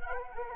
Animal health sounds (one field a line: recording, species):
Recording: mosquito wingbeat signal from an infrared sensor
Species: Anopheles gambiae